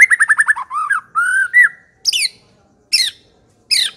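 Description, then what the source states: White-rumped shama phrase: a fast run of descending chirps and drawn whistles, then three separate sharp high harsh notes spaced under a second apart. Long-duration lure recording (pikat) of white-rumped shama song.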